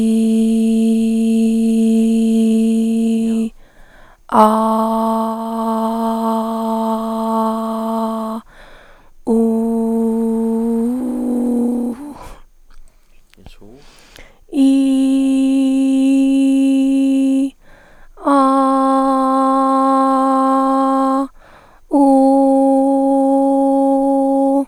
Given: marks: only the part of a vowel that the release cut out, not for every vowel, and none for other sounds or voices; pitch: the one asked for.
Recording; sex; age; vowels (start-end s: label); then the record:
sustained vowels; female; 20 to 29 years
0.00-1.95 s: vowel /i/, normal pitch
4.87-6.85 s: vowel /a/, normal pitch
9.40-10.80 s: vowel /u/, normal pitch
14.85-17.32 s: vowel /i/, high pitch
18.53-21.05 s: vowel /a/, high pitch
22.20-24.50 s: vowel /u/, high pitch
From the record:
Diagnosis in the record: dysphonia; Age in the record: 27 years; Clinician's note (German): Z. B. hormonelle Dysphonie mit hyperfunktioneller Einschwingung